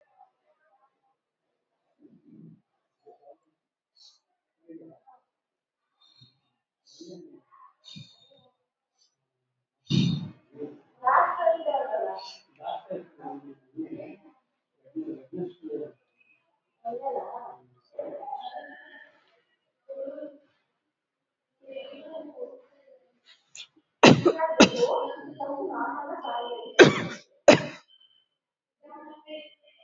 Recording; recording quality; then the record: shallow breathing; excellent, no background noise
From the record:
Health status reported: exposed to COVID-19, no respiratory illness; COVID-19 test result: negative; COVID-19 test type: RT-PCR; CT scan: not taken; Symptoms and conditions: diabetes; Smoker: no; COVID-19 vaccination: none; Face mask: not worn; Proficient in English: yes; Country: India